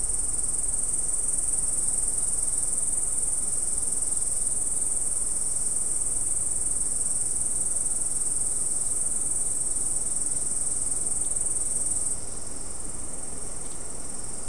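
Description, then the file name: Insect trilling, a continuous high-pitched buzzy drone held steady throughout, slightly softer in the last two seconds, over a low rumble of background noise. "mainly insect"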